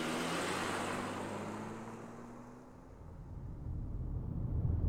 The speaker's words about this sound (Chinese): 10分钟后，他们奋力拆开用木条钉死的大门，冲出来，坐上汽车，朝公路疾驰而去。